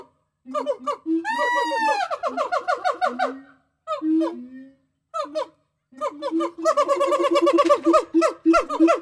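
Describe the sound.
Gibbons give a sweeping rising wail followed by quick quavering whoops, a brief pause with a few hoots, then another fast excited series of rising notes.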